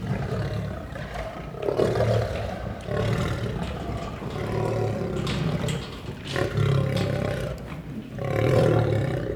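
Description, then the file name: Lion producing deep rasping growls and roars, several swelling bouts in sequence, the loudest near the end. "Het grommen en brullen van een leeuw - Beeld en Geluid"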